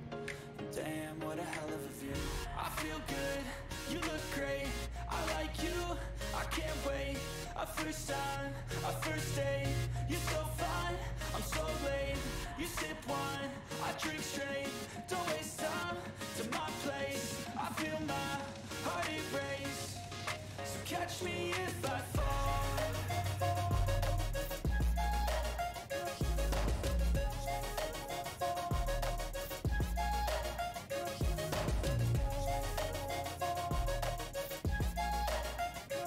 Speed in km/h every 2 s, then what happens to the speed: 100, 101, 101, 101, 101, 101, 101, 101, 101, 101, 101, 102, 102, 102, 102, 102, 101, 102.
0-36 steady at about 101.